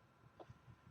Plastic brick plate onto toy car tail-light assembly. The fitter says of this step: well that was a satisfying click snap sound whatever you